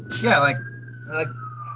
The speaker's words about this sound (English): It comes with cops. Yeah, I live in Syracuse. does that happen a lot? Just like shit's going down? I honestly hear sirens like 3-4 times a day.